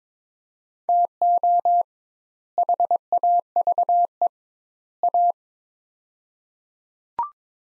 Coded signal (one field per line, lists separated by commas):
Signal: Morse code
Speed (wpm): 22 wpm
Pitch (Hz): 700 Hz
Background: none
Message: TO HAVE A